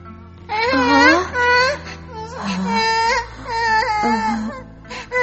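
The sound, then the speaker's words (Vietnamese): A child wails loudly in long, rising and falling sobs, high-pitched and strained, with brief gasps between cries over a low steady hum. “Trong giây phút đó, bà đã nghe được tiếng khóc rất là lớn của đứa cháu đã mất.”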